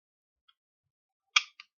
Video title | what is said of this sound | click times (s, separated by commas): WIN 20191217 19 22 07 Pro | this pops right in there and you're good to go for another you know another time and | 1.4 s